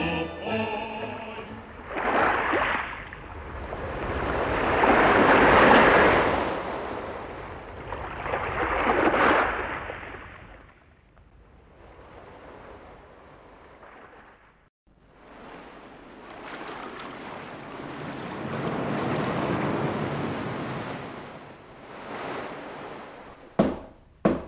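Broad rushing swells of ocean surf in the Atlantic off the coast of Spain rise and fall in slow surges, with a low wind roar beneath and a couple of brief sharp knocks near the end. No voices.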